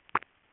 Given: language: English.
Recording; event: throat vibration sensor signal played as sound; swallow